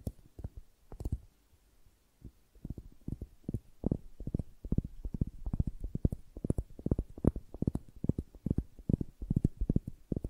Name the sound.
Tingly Flower Sounds